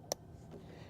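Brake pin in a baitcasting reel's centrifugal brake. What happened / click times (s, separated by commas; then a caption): A small plastic pin snapped down into position / 0.1 s. A plastic brake pin on the brake ring of a baitcasting reel's centrifugal brake is popped down by hand. A single sharp click sounds at 0.1 s against quiet background noise. The second brake pin seats into position.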